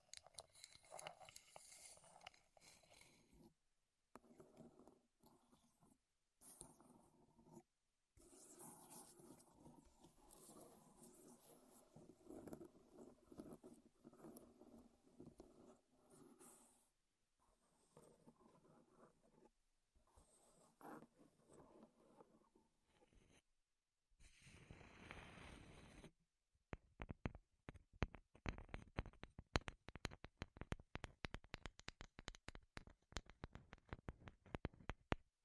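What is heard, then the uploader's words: Wood triggers: scratchy rubbing in short bursts broken by abrupt gaps, a brief hissing sweep near 25 seconds, then rapid, steady tapping to the end. ASMR Wood Triggers in Your Ears (No Talking).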